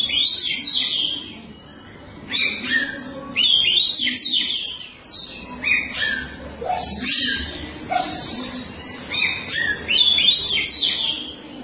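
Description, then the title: Oriental magpie-robin song: loud, varied whistles and scratchy chirps delivered in quick, irregular phrases with brief gaps between them. Chirping song (kicauan) of the bird. "Suara Kicauan Burung Kacer Durasi Panjang"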